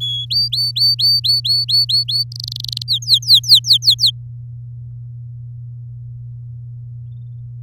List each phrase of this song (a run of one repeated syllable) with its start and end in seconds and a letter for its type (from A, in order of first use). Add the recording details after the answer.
0.00-0.25 A, 0.30-2.24 B, 2.32-2.83 C, 2.88-4.11 D. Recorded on 7 May 2018 at 14:17. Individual llb16